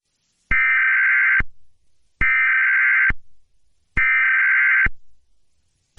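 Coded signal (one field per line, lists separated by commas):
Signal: Emergency Alert System (SAME) tones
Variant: header bursts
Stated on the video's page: Fictional EAS scenario; simulated alert tones, not a real broadcast.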